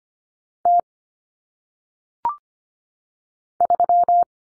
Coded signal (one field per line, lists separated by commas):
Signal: Morse code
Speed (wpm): 25 wpm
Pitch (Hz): 700 Hz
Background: none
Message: T 3